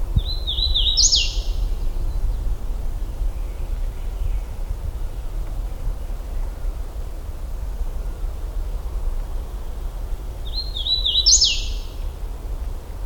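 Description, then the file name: Hooded warbler song, two bright whistled phrases about ten seconds apart, each a few stepped notes ending in a sharp upslurred flourish, over a steady low rumble. Recorded in Michigan on 16 June 2009 at 08:34. "Wilsonia citrina 20090616 0834"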